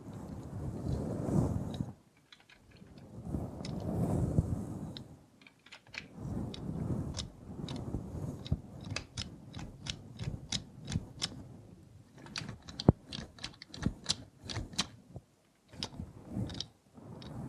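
ASMR sounds from a robot hand, with no talking. Soft low rustling swells come in waves for the first several seconds, then give way to rapid, crisp clicking and tapping taps, dense around twelve to fifteen seconds, with brief silent gaps between bursts.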